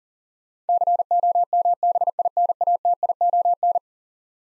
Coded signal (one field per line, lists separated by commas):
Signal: Morse code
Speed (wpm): 40 wpm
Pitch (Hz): 700 Hz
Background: none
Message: COMBINATION